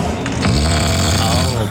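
A big, deep snore from an adult in deep sleep during an overnight sleep-out.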